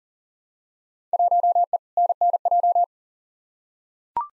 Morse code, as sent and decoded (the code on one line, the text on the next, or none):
.---- . / -. -. .---
1E NNJ